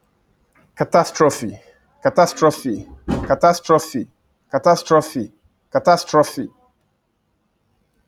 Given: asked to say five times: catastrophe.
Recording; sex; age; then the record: repeated word; male; 30 to 39 years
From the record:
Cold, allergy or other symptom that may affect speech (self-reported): no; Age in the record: 34 years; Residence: Texas, United States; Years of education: 16